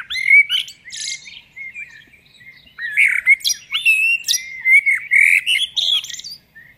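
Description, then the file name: Common blackbird warbling song. Mellow fluty notes slide up and down, mixed with thin, high, scratchy twitters, in a continuous flowing run after a brief quiet spell. "Turdus merula"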